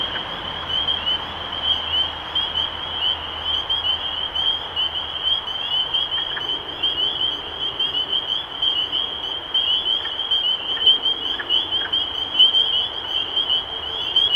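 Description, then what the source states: Spring peeper chorus, many high peeps blending into a continuous shrill band. Recorded 23 March 2012.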